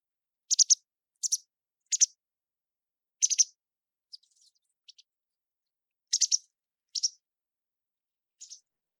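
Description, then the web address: White Wagtail giving sharp, high double and triple chips in short clusters, repeated every second or two with brief silences between. "hakusekirei"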